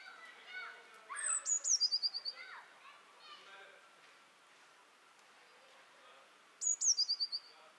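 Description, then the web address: Eurasian blue tit calling: high, thin notes sliding down, then a quick run of about six even, lower notes. The phrase comes twice, with softer chirps between. "SETE Cyanistes caeruleus"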